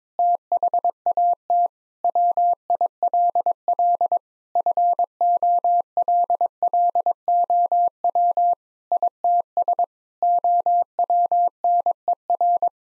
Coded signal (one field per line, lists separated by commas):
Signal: Morse code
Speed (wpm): 22 wpm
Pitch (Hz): 700 Hz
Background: none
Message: THAT WILL FOLLOW ITS OWNER